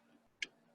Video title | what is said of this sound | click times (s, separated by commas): How to convert your epson 7720 to Sublimation | pop it in until it clicks move | 0.4 s